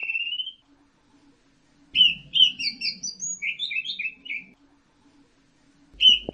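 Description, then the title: Orange-headed thrush song: a rising whistle, then a rapid run of varied chirping notes, ending with another whistle after a pause. "Burung Anis Merah"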